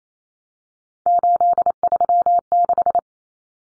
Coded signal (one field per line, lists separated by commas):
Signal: Morse code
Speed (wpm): 28 wpm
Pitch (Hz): 700 Hz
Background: none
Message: 836